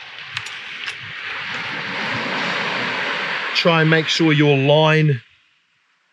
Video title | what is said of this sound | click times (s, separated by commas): SPEARFISHING FOR BEGINNERS FROM A BEGINNER - Gear / Tips / Tricks | push that in hard so you can hear it click | 0.4 s